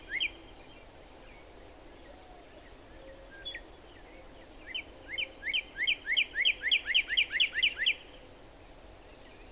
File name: Northern Cardinal